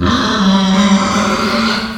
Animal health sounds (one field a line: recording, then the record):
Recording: squeal of a Yucatan mini pig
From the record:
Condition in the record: after surgery on the right vocal fold (resection and tissue-engineered implant)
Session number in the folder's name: 16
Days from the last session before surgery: 183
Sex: female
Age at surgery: 19 weeks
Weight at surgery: 25 kg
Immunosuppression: prednisolone